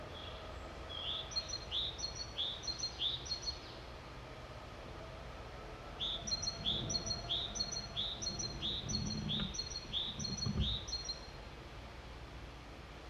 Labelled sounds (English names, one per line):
Great Tit song